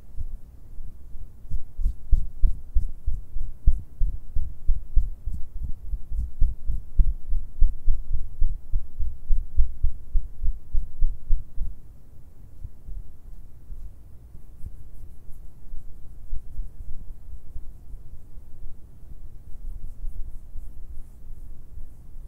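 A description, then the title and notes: Hand and finger sounds make soft, muffled low thumps tapping rapidly for about twelve seconds, then quieter, sparser tapping with faint light ticks. ASMR HAND SOUNDS AND FINGER SOUNDS - LO FI.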